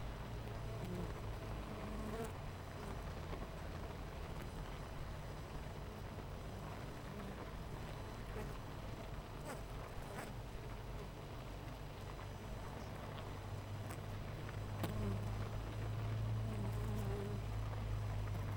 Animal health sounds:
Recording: honeybee colony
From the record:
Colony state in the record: missing queen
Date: 14 July 2017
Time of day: 8:46

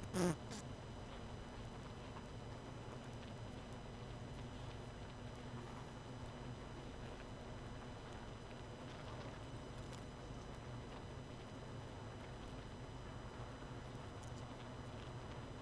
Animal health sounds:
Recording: honeybee colony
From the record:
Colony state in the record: missing queen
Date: 31 May 2018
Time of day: 23:53

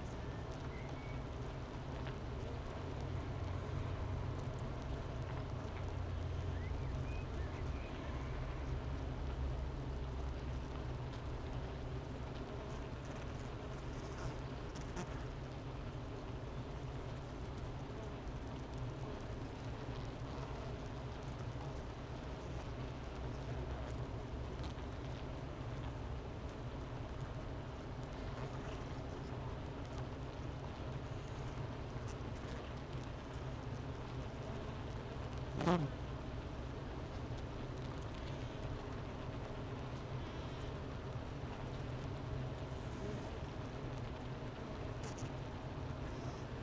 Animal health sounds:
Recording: honeybee colony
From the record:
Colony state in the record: missing queen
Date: 31 May 2018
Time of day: 10:21

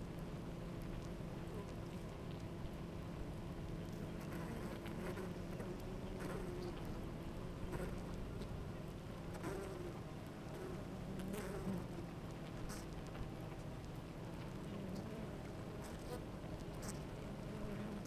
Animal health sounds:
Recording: honeybee colony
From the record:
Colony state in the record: active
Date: 28 July 2017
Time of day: 9:20

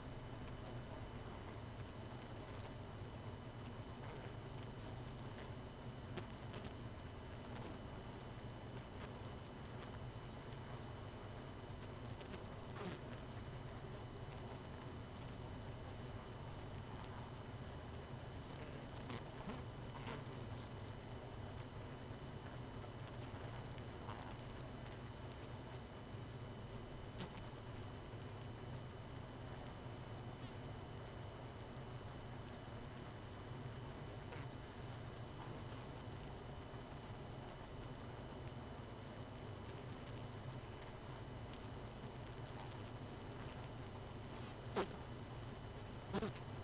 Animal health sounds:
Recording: honeybee colony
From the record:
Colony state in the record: missing queen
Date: 31 May 2018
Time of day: 22:08

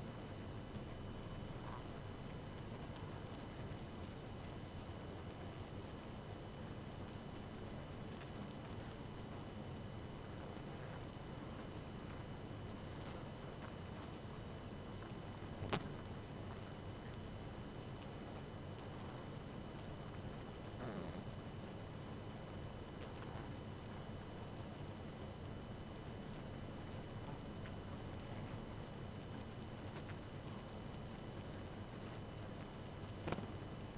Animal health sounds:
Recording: honeybee colony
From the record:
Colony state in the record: active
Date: 12 June 2018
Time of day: 2:07

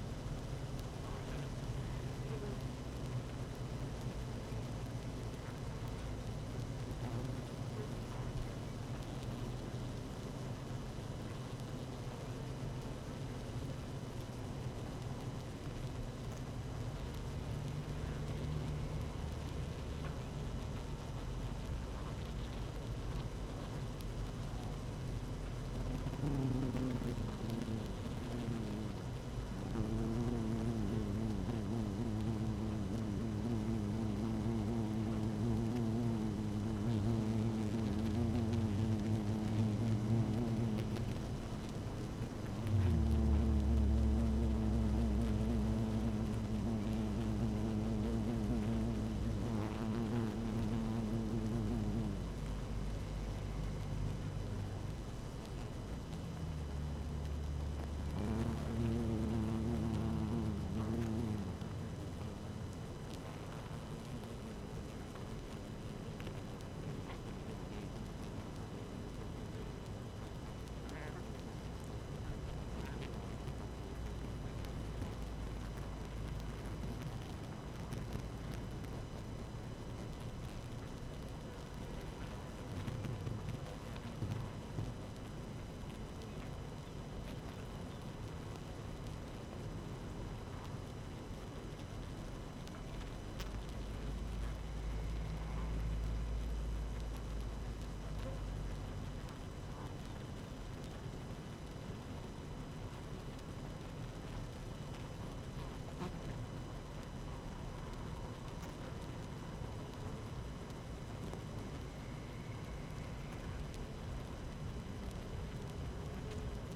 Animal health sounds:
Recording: honeybee colony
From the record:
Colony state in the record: active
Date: 12 June 2018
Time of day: 17:37

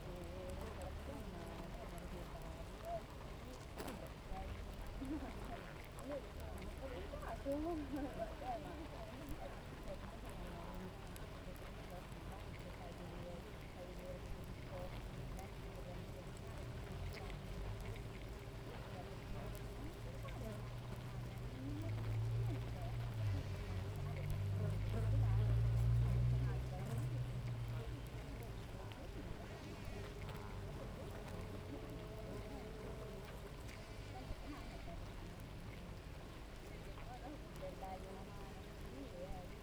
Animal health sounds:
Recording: honeybee colony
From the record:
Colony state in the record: active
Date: 28 July 2017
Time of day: 7:36

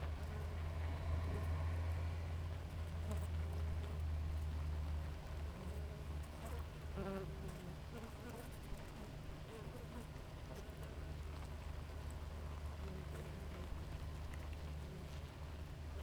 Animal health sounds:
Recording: honeybee colony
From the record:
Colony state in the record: active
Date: 28 July 2017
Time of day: 5:18

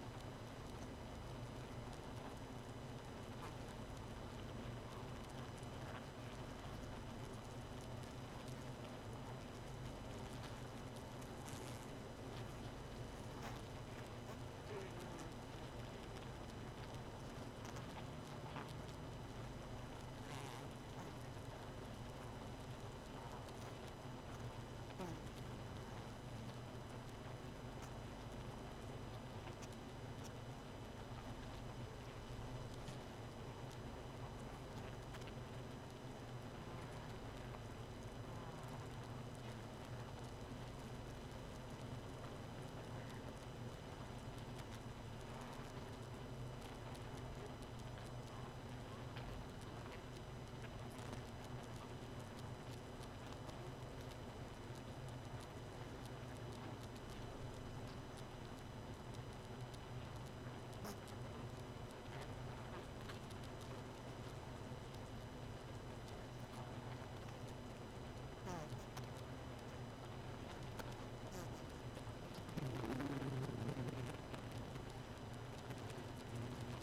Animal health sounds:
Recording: honeybee colony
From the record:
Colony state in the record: missing queen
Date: 31 May 2018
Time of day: 0:48

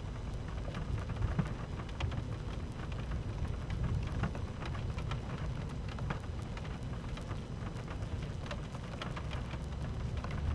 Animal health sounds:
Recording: honeybee colony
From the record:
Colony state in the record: active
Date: 12 June 2018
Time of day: 13:09

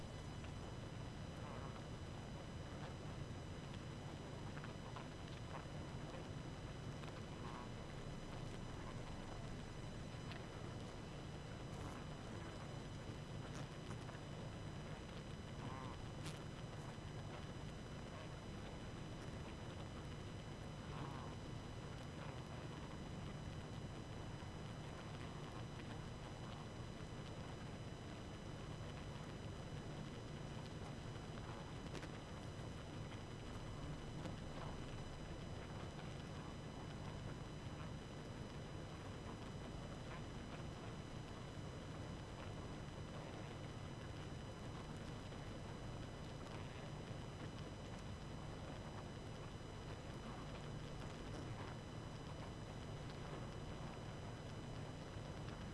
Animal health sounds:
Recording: honeybee colony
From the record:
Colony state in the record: active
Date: 12 June 2018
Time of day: 21:50

